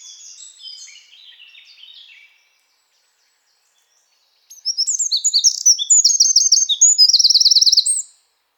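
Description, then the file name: Eurasian Wren song: a faint high jumble of notes fading out, a pause, then a loud burst of rapid high trills and chattering phrases lasting about four seconds. "Troglodytes troglodytes"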